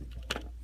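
After a failed try, a plastic piece is repositioned and pushed into the slots on a DX9 Toys D05 Chigurh figure over a steady low hum. It snaps into place with a sharp click at 0.3 s, followed by a faint second tick, and the piece is seated.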